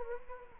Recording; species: mosquito wingbeat signal from an infrared sensor; Anopheles gambiae